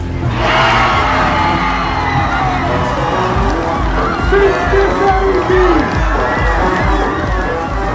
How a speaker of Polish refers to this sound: Po bramce zdobytej przez Mbappé nastroje tutaj trochę oklapły, ale później Lewandowski podchodzi pierwszy raz, strzela. No i ogromne zwątpienie. Za chwilę gwizdek, powtórny strzał, słupek i euforia kibiców w strefie kibica przy Stadionie Narodowym.